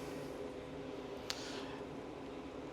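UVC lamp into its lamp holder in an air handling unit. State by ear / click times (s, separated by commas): seated / 1.3 s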